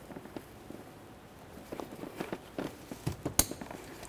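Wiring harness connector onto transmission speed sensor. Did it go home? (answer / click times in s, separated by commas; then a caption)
yes / 3.4 s. A wiring harness connector is lined up and slid onto a new transmission speed sensor on a 2001–2005 Ford Explorer Sport Trac. Soft shuffling and scraping build up before a sharp, bright click at 3.4 s. The connector is seated and then wiggle-tested to make sure it won't fall off while driving.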